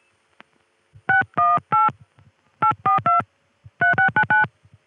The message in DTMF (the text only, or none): 618 842 3699